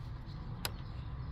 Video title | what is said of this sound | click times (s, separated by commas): How To: Audi A5 front grill Parking Sensor Removal and replacement | there you go had a little click and then that Clips in and then you just | 0.7 s